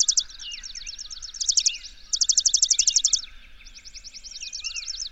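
Bird song: loose chirped phrases leading into a short fast high trill and then a longer one of about a second, followed by looser trilled and slurred notes.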